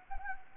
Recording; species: mosquito wingbeat signal from an infrared sensor; Anopheles gambiae